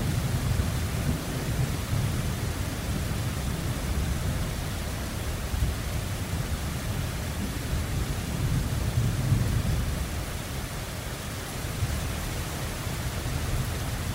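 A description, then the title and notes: Steady rain hisses over a deep, constant rumble of thunder that swells slightly around the middle, with a faint high whine throughout. Queensland Storm. The sounds of a storm rolling in over Brisbane. This SleepScape starts with light rain that gradually gets louder and then distant thunder as you imagine a classic Queensland lightning show.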